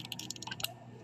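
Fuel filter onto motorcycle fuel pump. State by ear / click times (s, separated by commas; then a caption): seated / 0.1 s, 0.2 s, 0.3 s, 0.4 s, 0.5 s, 0.6 s. On a Honda XRM 125, a fuel filter is twisted counterclockwise onto the motorcycle's fuel pump until it locks. A series of short, sharp clicks rings out at 0.1, 0.2, 0.3, 0.4, 0.5 and 0.6 s, the last one the loudest. The clicks mean the filter has seated in the right position and is gripping the pump.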